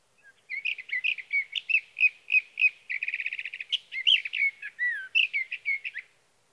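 Sage thrasher song, a steady series of warbling notes, a quick buzzy trill, then more slurred whistles, continuing for nearly six seconds.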